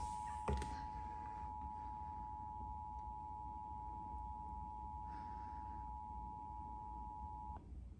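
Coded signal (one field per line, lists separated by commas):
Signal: Emergency Alert System (SAME) tones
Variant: 853 and 960 Hz attention tone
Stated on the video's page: Pop-up thunderstorm alerts from the Nashville weather office, captured on WNPT only.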